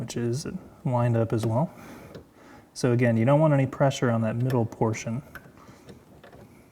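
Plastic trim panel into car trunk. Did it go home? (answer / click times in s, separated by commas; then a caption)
no / none. Someone talks while a plastic trunk trim panel is handled and lined up in the trunk of a BMW F22 2 Series, with a couple of faint ticks near 5.6 s and 5.9 s. Nothing has seated or clicked yet; the panel is not yet home.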